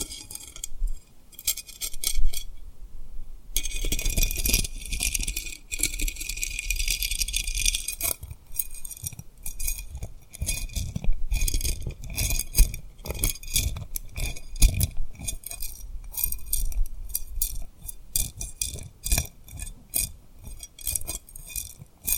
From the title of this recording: Tapping & Rubbing Rhinestone Lip Triggers